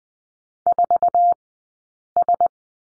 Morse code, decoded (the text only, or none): 4S